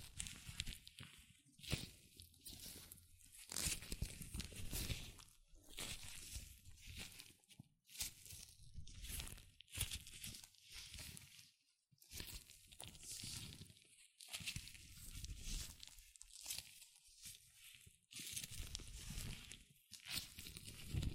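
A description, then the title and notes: Latex gloves rub, squeak and crinkle against each other in dense, scratchy bursts that run for a few seconds at a time. Short pauses break the handling roughly every two to four seconds, the quietest near the middle, and a faint low rumble sits underneath. ASMR Latex Gloves Hand Sounds (No Talking).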